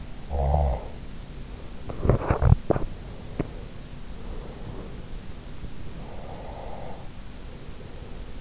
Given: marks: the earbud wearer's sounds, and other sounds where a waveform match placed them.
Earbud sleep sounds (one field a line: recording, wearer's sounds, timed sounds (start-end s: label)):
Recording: sounds in sleep by an in-ear microphone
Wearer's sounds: snoring breath, teeth grinding, breath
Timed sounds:
0.27-1.08 s: snoring breath
1.83-3.68 s: teeth grinding
4.13-5.26 s: breath
5.86-8.41 s: breath